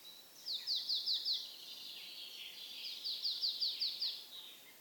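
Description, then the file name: Marsh tit calls: two quick series of high, clipped descending notes, five then several in a row, over light background noise. "Poecile palustris"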